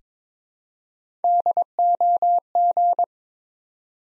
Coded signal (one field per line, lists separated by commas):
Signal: Morse code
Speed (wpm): 22 wpm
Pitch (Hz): 700 Hz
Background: none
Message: DOG